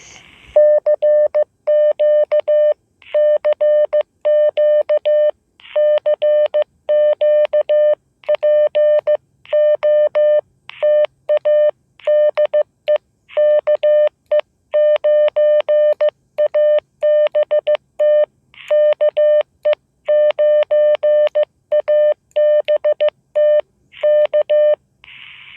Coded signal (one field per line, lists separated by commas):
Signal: Morse code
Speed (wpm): 15 wpm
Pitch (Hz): 600 Hz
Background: none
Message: CQ CQ CQ POTA DE KE9ABT KE9ABT K